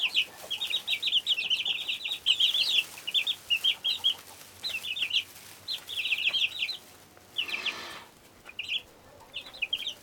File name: freesound chicks in hen house low ceiling barn room